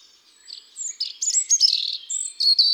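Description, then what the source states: European robin singing a varied, high warble of thin whistles, quick trills and sliding notes that grows louder as it runs on. Garden bird.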